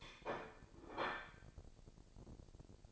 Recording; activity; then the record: daily activity, microphone in the room; place plate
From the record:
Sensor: 5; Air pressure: 1007.5 hPa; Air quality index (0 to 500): 90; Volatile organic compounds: 1 ppm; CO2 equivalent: 706 ppm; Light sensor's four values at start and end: 30/71/28/29 and 30/71/28/29